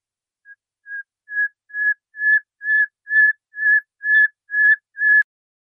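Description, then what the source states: Nightingale song: one clear whistled note repeated about eleven times, roughly twice a second, growing louder over the first few notes. Song used to train caged songbirds.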